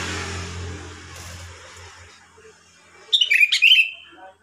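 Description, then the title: Sooty-headed bulbul giving one short, bubbly whistled phrase near the end, after a stretch of passing traffic rumble that fades away. "Kutilang"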